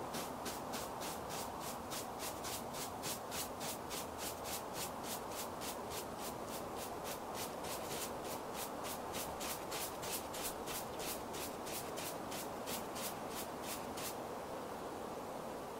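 Outdoors, quick brushing strokes rasp in a steady, regular rhythm, about three per second until near the end, over a constant low outdoor hum.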